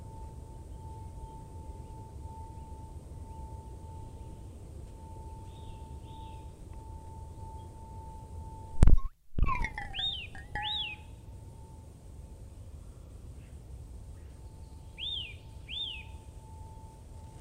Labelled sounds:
Eurasian Nuthatch song

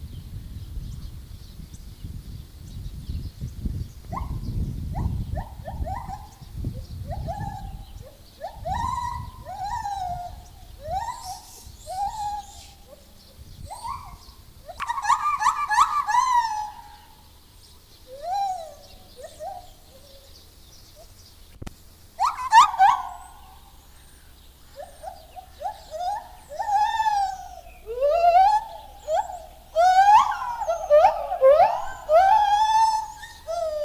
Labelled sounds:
Lar Gibbon call

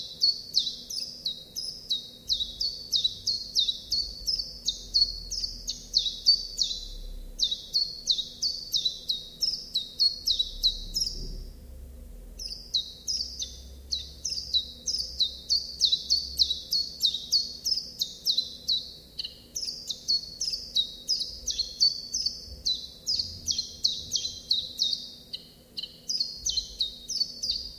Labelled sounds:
Common Chiffchaff song

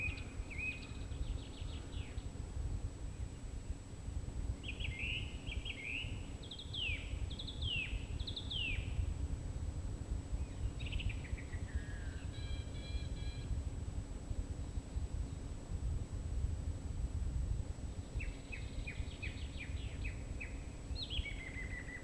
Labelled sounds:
Song Thrush song

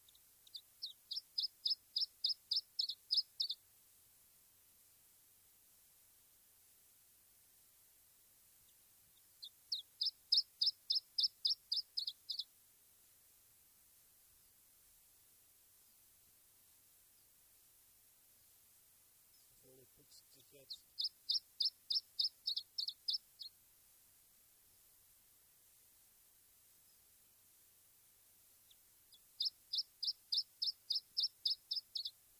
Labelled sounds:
Iberian Chiffchaff

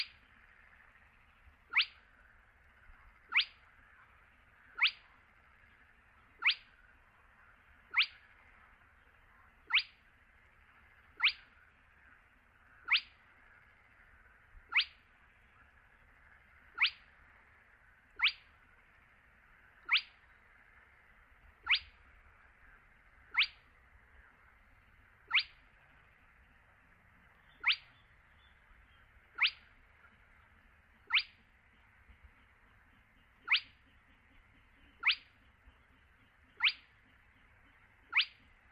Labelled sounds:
Spotted Crake

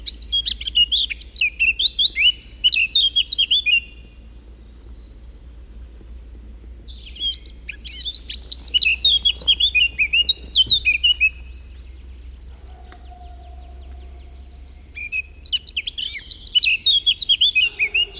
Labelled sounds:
Eurasian Blackcap song

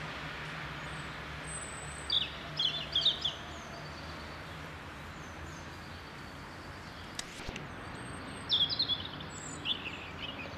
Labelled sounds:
European Robin song

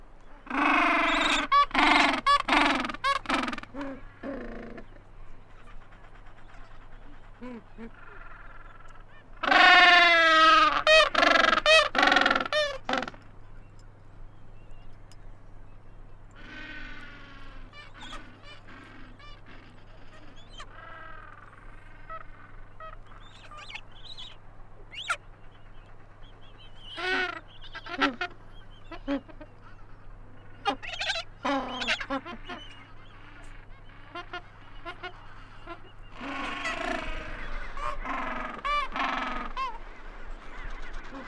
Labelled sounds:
Gentoo Penguin call

